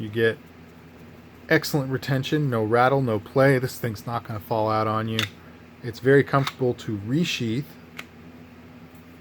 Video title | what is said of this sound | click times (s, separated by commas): Kabar TDI and Leatherman Skeletool Sheaths | can hear the click going in it's not a super loud click but you can definitely feel it seat into place now | 8.0 s